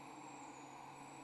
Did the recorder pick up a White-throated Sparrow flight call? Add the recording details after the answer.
no. No flight call is heard. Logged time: 22:44 on 16 December 2014